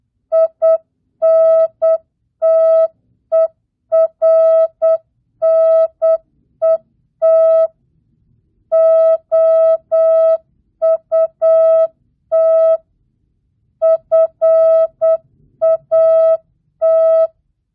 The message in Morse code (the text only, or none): INTERNET OUT FAT